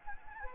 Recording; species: mosquito wingbeat signal from an infrared sensor; Anopheles gambiae